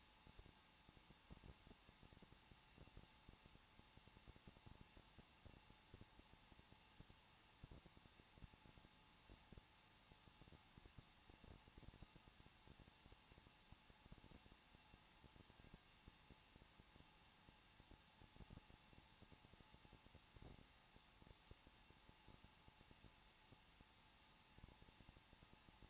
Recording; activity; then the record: daily activity, microphone in the room; no activity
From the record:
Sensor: 1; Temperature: 20.1 degrees Celsius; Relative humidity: 39.2%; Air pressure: 1006.3 hPa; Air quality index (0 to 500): 218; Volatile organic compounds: 79 ppm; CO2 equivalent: 3597 ppm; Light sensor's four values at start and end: 1/2/1/1 and 1/2/1/1